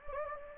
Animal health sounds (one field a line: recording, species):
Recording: mosquito wingbeat signal from an infrared sensor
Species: Anopheles gambiae